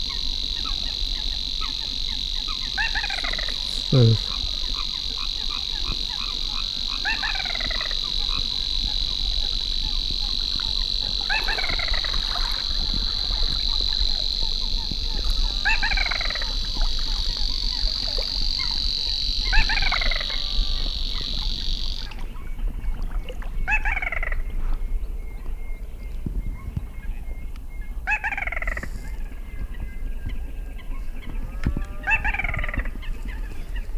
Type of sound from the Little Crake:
call